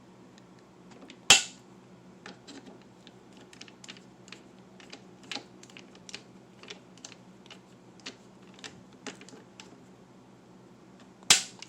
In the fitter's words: when you hear that click you know you at the proper poundage that you have it set for